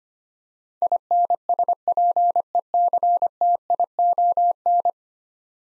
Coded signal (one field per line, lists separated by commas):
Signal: Morse code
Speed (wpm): 25 wpm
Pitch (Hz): 700 Hz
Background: none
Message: INSPECTION